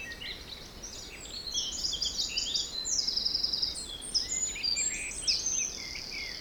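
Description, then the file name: Birds: dense bird chorus of high chirps and quick rattling trills, many singers overlapping throughout, some sharper notes standing out near the end. Forest in spring, windy at force 3 on the Beaufort scale, recorded at 1 pm. "Forest Spring Birds Windy 3 bft 1 pm"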